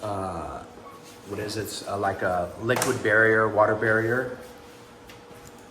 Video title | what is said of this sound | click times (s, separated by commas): Day 13 Luxury Vinyl Flooring Installation: Mixing Patterns, Water Barrier, and Locking Mechanism | that didn't lock in correctly. | none